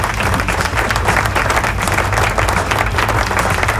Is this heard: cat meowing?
no